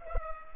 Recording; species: mosquito wingbeat signal from an infrared sensor; Culex pipiens